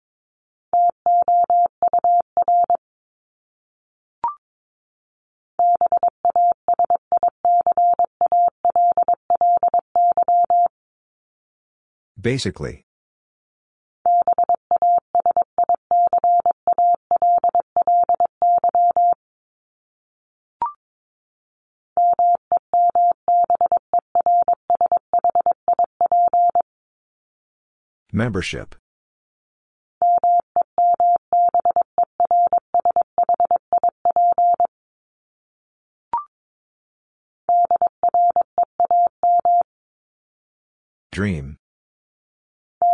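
Morse code keyed as a steady mid-pitched tone, sounding in rapid, regular bursts of short and long beeps grouped into runs of several seconds. Brief pauses separate the groups, and a short scratchy click or rustle appears roughly every fifteen seconds, near 12, 28 and 41 seconds.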